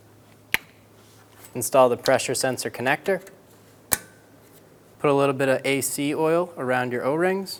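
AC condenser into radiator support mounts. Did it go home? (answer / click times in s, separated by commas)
yes / 0.5 s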